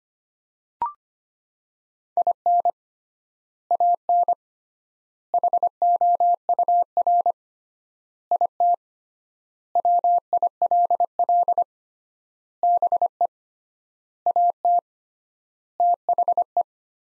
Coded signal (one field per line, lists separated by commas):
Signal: Morse code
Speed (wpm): 25 wpm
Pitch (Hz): 700 Hz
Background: none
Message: IN AN HOUR IT WILL BE AT THE